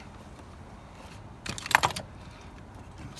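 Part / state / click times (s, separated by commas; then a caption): plastic coolant reservoir piece onto its mount in the engine bay / seated / 1.8 s. A plastic piece of the coolant reservoir assembly on a 2017 GMC Duramax, being replaced because a bad sensor caused a low coolant warning, is pushed back onto its mount in the engine bay. Light handling noises between about 1.5 and 2.0 seconds surround one sharp, loud snap at 1.8 seconds. The piece snaps into place and is seated.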